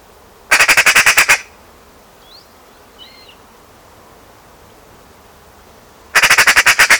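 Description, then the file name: Eurasian magpie chatter, a dry rattling burst of about ten harsh notes, repeated after roughly five seconds, with a couple of faint thin calls in between. "Pica pica"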